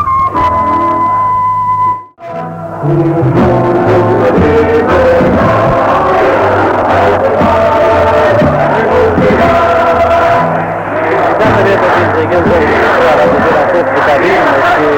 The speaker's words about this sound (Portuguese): Chegou agora a manifestação dos trabalhadores dos CPT-TLP e, portanto, preencheu totalmente a Rua Capelo e estarão vários milhares de pessoas diante dos estúdios da Rádio Renascença. E estão neste momento gritando vivas à classe operária.